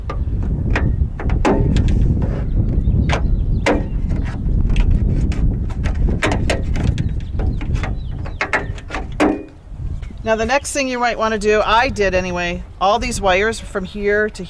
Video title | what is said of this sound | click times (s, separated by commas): Jeep Wrangler Tailgate Table Install (With MOLLE Panel) | could you hear it they snap out and you're always going to want to start from the bottom | 1.4 s, 3.7 s, 6.2 s, 8.4 s